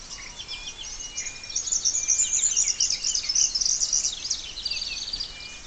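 Splendid fairywren song: a long, high, shimmering trill running through most, mixed with other small birds twittering.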